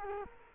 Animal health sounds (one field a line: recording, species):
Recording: mosquito wingbeat signal from an infrared sensor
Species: Culex quinquefasciatus